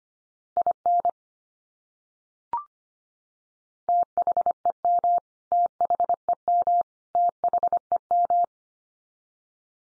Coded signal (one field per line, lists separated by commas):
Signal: Morse code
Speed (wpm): 25 wpm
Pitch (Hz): 700 Hz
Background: none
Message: IN THEM THEM THEM